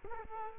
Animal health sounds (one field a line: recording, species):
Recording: mosquito wingbeat signal from an infrared sensor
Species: Culex quinquefasciatus